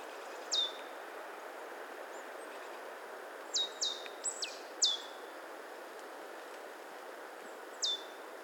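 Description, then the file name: Marsh tit calls: sharp, high downslurred notes, singly and in a quick cluster, over steady background hiss. "Poecile palustris"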